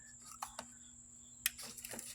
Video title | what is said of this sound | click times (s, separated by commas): Update: RACE POSTPONED I'm racing in the Cleetus McFarland Altima 600 - let's get ready | Oh, did you hear the little click? Oh, there it is. | 1.5 s